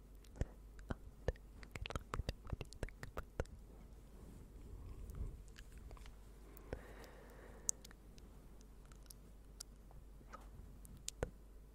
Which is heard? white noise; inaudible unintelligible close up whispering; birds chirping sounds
inaudible unintelligible close up whispering